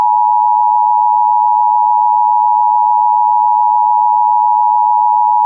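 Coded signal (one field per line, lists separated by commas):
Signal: Emergency Alert System (SAME) tones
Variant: 853 and 960 Hz attention tone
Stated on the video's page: Mock reenactment of a Texas Required Monthly Test using valid EAS tones.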